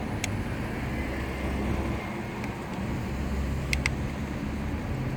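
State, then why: Seated. A wiring harness connector is pushed onto the engine control module (PCM) of a 2005 Chevy Equinox and its locking tab is closed, with faint sharp ticks of handling over a steady low rumble. A strong, sharp pair of clicks at 3.7 and 3.9 seconds marks the connector seating and locking down.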